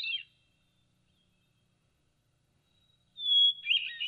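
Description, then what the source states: Hermit Thrush song: a brief high note, then after a pause a clear, steady whistled tone followed by a fluty, tumbling flourish. Played back; a hardy thrush, some of which winter in the area while others migrate; its call sounds very thrush-like but a little different.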